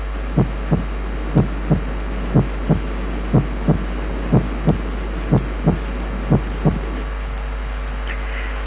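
Regular lub-dub heart sounds from an adult heart at about 60 beats a minute, each second sound a crisp, single, unsplit tap, heard alone and pure, with steady background hum and a brief rustle at the end. A normal, pure single second heart sound.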